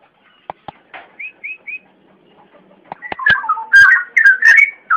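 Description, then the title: Oriental magpie-robin song: a few sharp clicks and three short whistled notes, then a louder burst of rich varied warbling whistles. "Kicau Kacer"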